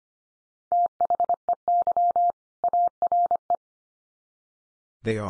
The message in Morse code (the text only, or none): THEY ARE